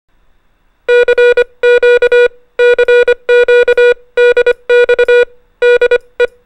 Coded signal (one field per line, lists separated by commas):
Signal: Morse code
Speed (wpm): 25 wpm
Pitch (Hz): 480 Hz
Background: music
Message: CQ CQ DX DE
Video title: The Making Of Amazing Helen Joyce Archibald VA1YL - CANADA | MABUHAY X-stitch Call | Amateur Radio